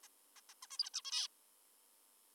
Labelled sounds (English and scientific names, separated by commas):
Zebra Finch (Taeniopygia guttata)